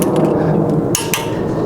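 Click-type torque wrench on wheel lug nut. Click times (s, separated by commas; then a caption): 1.0 s, 1.1 s. A click-type torque wrench set to 140 lb-ft tightens the lug nuts on a Corvette front wheel. Two sharp clicks ring out at about 1.0 and 1.1 seconds over a steady background hum, showing the wrench has reached its torque setting.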